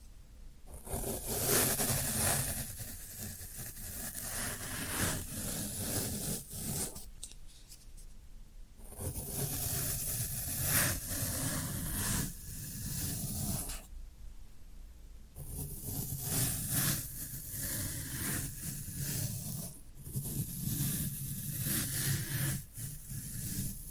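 Floral foam being worked, with dense crunching, crumbly scraping and hissing textures that fill the sound in continuous bursts. Short quieter gaps fall around 7, 9 and 14 seconds, and a faint low hum runs underneath throughout.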